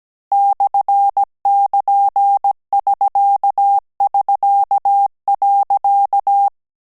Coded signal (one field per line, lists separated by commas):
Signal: Morse code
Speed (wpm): 17 wpm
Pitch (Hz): 800 Hz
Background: none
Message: /<KN><SK><SK>.